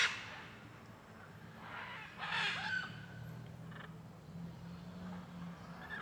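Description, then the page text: Blue-and-yellow macaw giving a loud opening screech, then one more harsh squawk and a short rasp, with a low droning hum underneath. Many macaws calling on a street in Alto Paraíso, Goiás, Cerrado, Brazil, with cars passing. "Rua em Alto Paraiso com muitas araras cantando e carros passando. Arquivo de Arara-canindé - Coleção Sonora do Cerrado"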